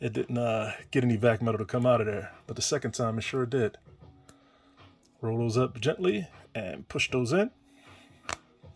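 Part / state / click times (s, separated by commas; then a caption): action figure arm into torso socket / seated / 8.3 s. Someone talks while gently rolling an action figure's arm pieces up and pushing the arm pegs into the torso sockets. A single sharp snap comes at 8.3 s as the arm seats.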